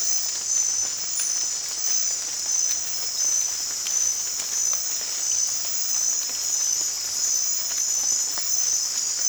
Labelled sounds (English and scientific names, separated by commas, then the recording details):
none
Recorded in dense forest near Puerto Asís, Putumayo, Colombia, on 29 June 2025 at 23:30
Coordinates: 0.468, -76.322
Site GP03